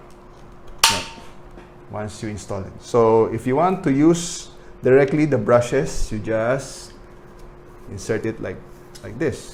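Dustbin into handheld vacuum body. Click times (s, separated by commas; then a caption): 0.8 s. A plastic dustbin is aligned with the hole on a Deerma (Xiaomi) VC25 wireless handheld vacuum cleaner body and pushed in, giving one loud, sharp click at 0.8 s as it snaps into place. Someone then talks for the rest of the clip. The dustbin is seated in the vacuum body.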